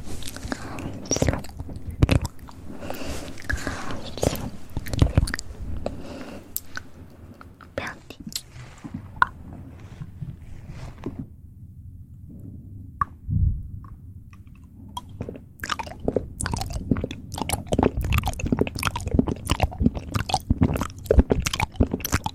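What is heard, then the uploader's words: Rapid mouth sounds: wet clicks, smacks and crunchy chewing-like snaps come in dense bursts over a steady low hum. The first ten seconds are busy, the middle quiets to softer low smacking, and from about fifteen seconds sharp clicks return, faster and denser than before. ASMR ReZero Rem Cosplay Fastest Mouth Sounds.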